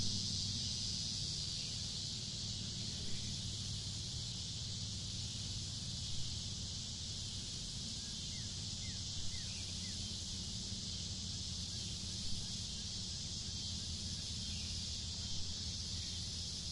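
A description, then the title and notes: Cicadas hum in a steady, dense, high hiss that never lets up across the whole clip. A low rumble sits underneath. A few faint bird chirps come through around the fifth second, and soft ticks land every few seconds. You enjoy the ambient hum of cicadas as you look out into the woods.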